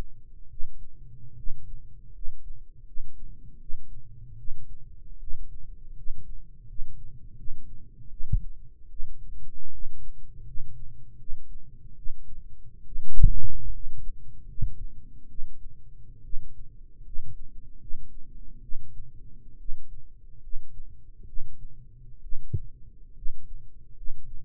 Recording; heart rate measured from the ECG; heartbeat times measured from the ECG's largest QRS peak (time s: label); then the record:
heart sounds by microphone in the right ear; 74 bpm
0.48 s: heartbeat
1.34 s: heartbeat
2.11 s: heartbeat
2.83 s: heartbeat
3.57 s: heartbeat
4.35 s: heartbeat
5.17 s: heartbeat
5.93 s: heartbeat
6.64 s: heartbeat
7.34 s: heartbeat
8.08 s: heartbeat
8.87 s: heartbeat
9.69 s: heartbeat
10.42 s: heartbeat
11.15 s: heartbeat
11.93 s: heartbeat
12.83 s: heartbeat
13.70 s: heartbeat
14.44 s: heartbeat
15.26 s: heartbeat
16.20 s: heartbeat
17.01 s: heartbeat
17.77 s: heartbeat
18.59 s: heartbeat
19.56 s: heartbeat
20.39 s: heartbeat
21.24 s: heartbeat
22.19 s: heartbeat
23.12 s: heartbeat
23.92 s: heartbeat
From the record:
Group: healthy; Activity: rest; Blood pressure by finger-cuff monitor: 107/51 mmHg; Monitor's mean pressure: 64 mmHg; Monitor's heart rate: 74 bpm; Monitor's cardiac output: 8.8 L/min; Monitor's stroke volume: 122 mL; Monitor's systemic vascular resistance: 500 dyn s/cm5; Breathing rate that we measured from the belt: 17 breaths a minute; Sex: male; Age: 22 years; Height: 185 cm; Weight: 112.4 kg